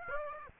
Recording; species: mosquito wingbeat signal from an infrared sensor; Aedes aegypti